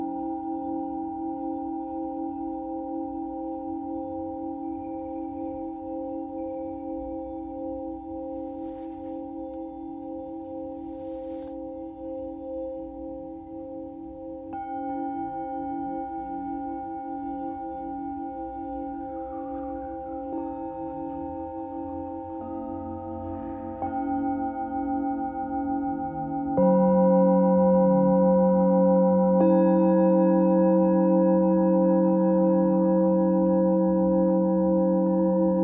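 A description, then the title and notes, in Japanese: Singing bowls ring in long, steady overlapping tones, with new bowls struck around 15, 23 and 27 seconds, growing louder and fuller toward the end. メキシコから シンギングボウルのサウンドヒーリング。シンギングボウルの音。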